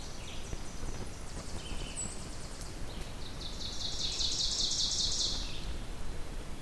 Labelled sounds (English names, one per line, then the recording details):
Ovenbird song
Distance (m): 40 m
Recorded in boreal forest in Alberta, Canada, on 2 June 2016 at 08:52
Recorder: SongMeter 3, array SBT-3-7
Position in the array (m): 213 m, 34 m
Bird 6